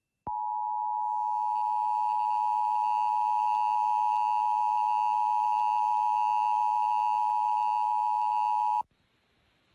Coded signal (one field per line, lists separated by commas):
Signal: Emergency Alert System (SAME) tones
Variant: 853 and 960 Hz attention tone